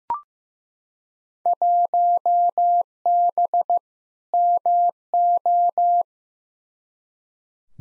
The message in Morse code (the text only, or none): 1B MO